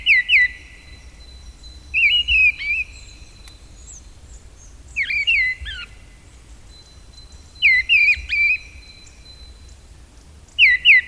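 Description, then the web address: Mistle thrush delivering a series of brief, varied fluting phrases, spaced by pauses of about one and a half to two seconds. "agykontroll Madardalok Cd 1. Léprigó"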